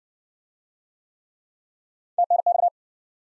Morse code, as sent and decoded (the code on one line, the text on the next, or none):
- -. -..-
TNX